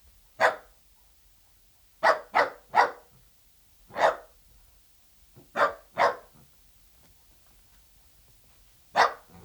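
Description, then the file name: Dachshund barking in single barks and short clusters of two or three sharp barks, separated by quiet gaps of a second or more. "Het blaffen van een teckel - Sound Cloud - Beeld en Geluid"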